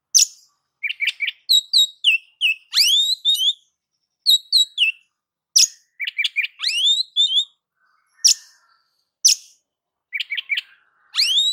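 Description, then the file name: Oriental magpie-robin singing a busy, varied song of quick chirps, clear rising whistles and sharp harsh notes, with phrases repeated after brief pauses. "Suara-Kacer-Versi-7"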